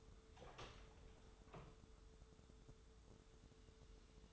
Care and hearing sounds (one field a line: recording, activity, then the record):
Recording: daily activity, microphone in the room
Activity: open door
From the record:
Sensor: 3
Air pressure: 1015.2 hPa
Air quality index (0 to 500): 160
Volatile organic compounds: 11 ppm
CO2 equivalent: 2281 ppm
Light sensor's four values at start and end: 15/40/16/17 and 15/40/16/17